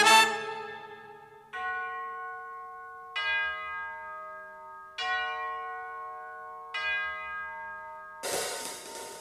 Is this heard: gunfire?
no